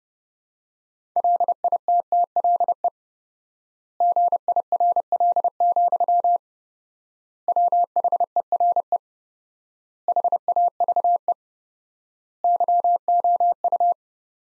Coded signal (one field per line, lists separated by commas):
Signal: Morse code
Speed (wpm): 30 wpm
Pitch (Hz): 700 Hz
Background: none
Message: LITTLE GIRL, WHERE HAVE YOU